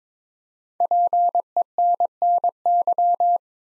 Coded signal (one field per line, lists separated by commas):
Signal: Morse code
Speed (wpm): 22 wpm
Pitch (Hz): 700 Hz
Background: none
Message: PENNY